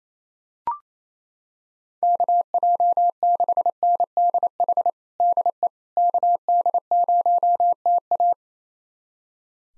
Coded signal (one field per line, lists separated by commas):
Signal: Morse code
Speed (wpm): 27 wpm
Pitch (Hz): 700 Hz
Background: none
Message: KJ6NDH DE KD0TA